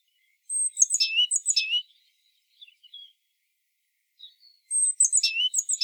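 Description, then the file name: Great tit giving a rapid burst of high, thin, sharply descending notes, a pause with a few soft notes, then a second similar burst. "Parus major"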